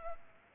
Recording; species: mosquito wingbeat signal from an infrared sensor; Culex pipiens